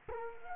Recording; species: mosquito wingbeat signal from an infrared sensor; Culex quinquefasciatus